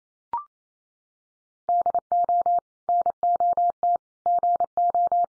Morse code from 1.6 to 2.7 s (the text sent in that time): DO